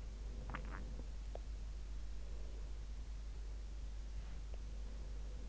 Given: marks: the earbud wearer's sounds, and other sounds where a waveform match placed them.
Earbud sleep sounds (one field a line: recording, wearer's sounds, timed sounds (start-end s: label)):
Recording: sounds in sleep by an in-ear microphone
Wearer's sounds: swallowing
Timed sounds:
0.00-1.72 s: sound from someone else or the room
0.33-1.72 s: swallowing